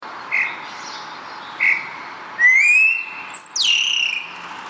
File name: Storno Nero